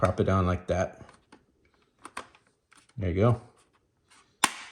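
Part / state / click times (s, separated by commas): plastic panel snap tabs into ship model hull / seated / 4.4 s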